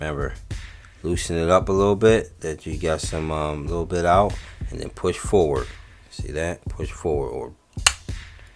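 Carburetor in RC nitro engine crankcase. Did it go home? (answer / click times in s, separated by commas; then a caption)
released / 7.9 s. Someone talks while the carburetor retaining screw on a Reds Racing WRX RC nitro engine is loosened slightly and the carburetor is pushed forward. At 7.9 s a sharp snap is heard as the carburetor comes free of its seat on the metal crankcase, released from the engine.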